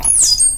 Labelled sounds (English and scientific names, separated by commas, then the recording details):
Stitchbird (Notiomystis cincta) song
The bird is a male
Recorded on Tiritiri Matangi Island, New Zealand, in 2005
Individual 12, of nest box 16